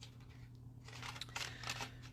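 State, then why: Not seated. A metal cutting die is moved around inside a plastic hybrid embossing folder, making soft scraping and rustling sounds with a few brief sharp taps near 1.2, 1.4 and 1.7 seconds over a steady low hum. Nothing has seated or clicked into the recess yet.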